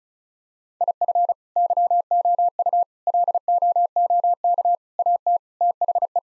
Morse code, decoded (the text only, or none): IF YOU LOOK AT THE